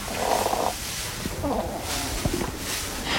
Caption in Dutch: Dan hoor je dat hij ook een beetje een reuteltje heeft. Het lijkt net alsof hij aan het snurken is. Dus deze egel heeft longwormen. En die krijgen ze bijvoorbeeld door als ze te veel slakken eten. En die longwormen die wonen in de longen en die eten eigenlijk de longen op. Dus gaan de longen kapot en dan krijg je zo'n rare geluidje.